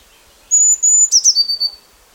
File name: Cyanistes caeruleus